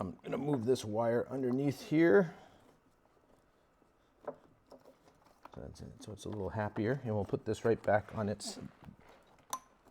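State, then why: Seated. Someone talks while moving a wire underneath and then pushing a Goldstrike tail light flash module back onto its plastic perch mount under a motorcycle seat, with a few faint handling knocks around 4.3 to 5.6 s. The module snaps in with a sharp little click at 9.5 s, seating it solidly in place.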